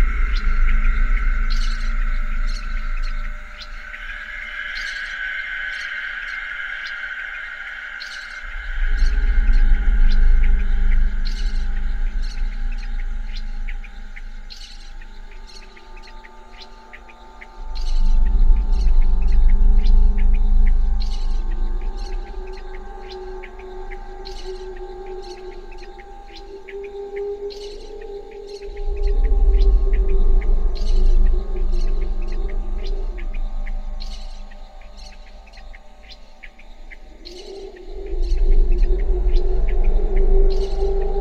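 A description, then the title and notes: Howler monkeys roar in long, deep, groaning swells roughly every ten seconds, each rising and falling over several seconds. Between the roars, birds keep up a steady dawn chorus of sharp, regularly repeated high chirps and softer calls. Working with this recording by Diego Espeleta of howler monkeys and birds taken at dawn at the Reserva Conchal in Guanacaste, Costa Rica, was an exercise in recalibrating expectations of musicality in sound.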